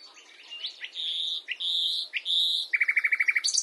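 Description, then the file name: Common nightingale song: three long pure whistled notes separated by short rising notes, then a rapid series of short repeated notes and a brief high ending. "Luscinia megarhynchos"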